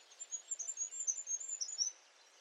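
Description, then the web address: Bird calls: a quick series of thin, very high chirps, several each second, then only a soft background hiss. "birddata Deverinetal 2025"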